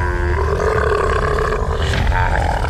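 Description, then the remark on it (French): A low, rumbling dog growl that holds steady and loud for a few seconds, with a harsh throaty rasp and no other sounds or talking. “Rappelle ton chien, en pied!”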